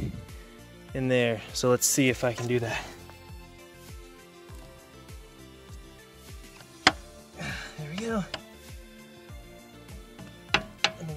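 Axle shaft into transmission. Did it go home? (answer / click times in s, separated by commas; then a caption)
yes / 6.9 s. Someone talks over background music while a CV axle's splined shaft on an Eclipse GSX is pushed into the transmission/transfer case, and its retaining clip snaps home with a sharp click at 6.9 s. Further sharp knocks follow around 8.0, 8.3, 10.5 and 10.8 s as the axle is pulled on to check it. The axle is seated and locked in.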